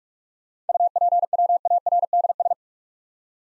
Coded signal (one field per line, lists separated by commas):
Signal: Morse code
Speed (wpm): 44 wpm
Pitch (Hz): 700 Hz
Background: none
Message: UPWARDS